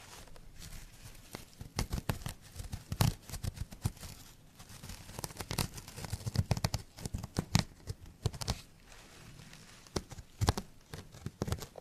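Scratching sounds in quick, irregular bursts, each scrape sharp and dry, with bright crackly edges over a softer low rub. The strokes come in clusters nearly every second, with brief lulls around four and nine seconds before the scraping picks up again.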